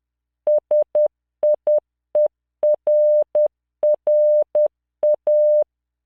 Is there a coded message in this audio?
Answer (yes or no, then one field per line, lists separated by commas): yes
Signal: Morse code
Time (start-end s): 0.5-5.6 s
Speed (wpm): 10 wpm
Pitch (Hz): 600 Hz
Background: none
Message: SIERRA